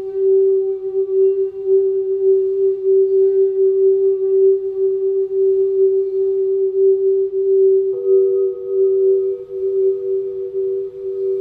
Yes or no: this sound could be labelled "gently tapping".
no